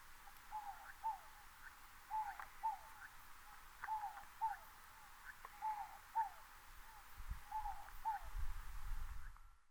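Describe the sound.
Inca Dove calling: paired soft cooing notes, each falling slightly, repeated five times at a steady pace, with a low rumbling noise toward the end.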